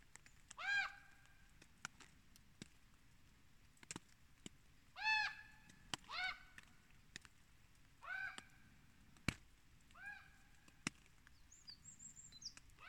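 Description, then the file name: Bird calling with hoarse, harmonic, slightly downslurred notes, each about half a second long, given several times at uneven gaps of one to several seconds, with scattered faint clicks between. Unidentified bird, Store Fidlingen. "hvilken fugl store fidlingen"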